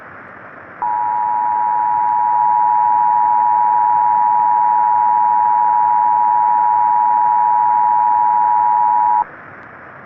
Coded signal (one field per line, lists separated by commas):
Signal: Emergency Alert System (SAME) tones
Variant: 853 and 960 Hz attention tone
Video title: SILVERWINTER: A Virus EAS Scenario (Half Life: Remastered)